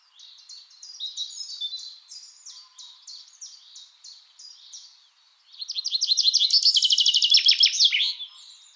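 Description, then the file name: Common chaffinch song: a loud, descending run of quick notes lasting under three seconds, ending with a short flourish, preceded by softer, steady high chirps. "Fringilla coelebs"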